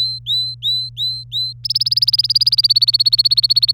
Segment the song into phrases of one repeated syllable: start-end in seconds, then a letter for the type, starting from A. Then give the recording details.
0.00-1.53 A, 1.64-3.73 B. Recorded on 26 April 2018 at 15:17. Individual llb3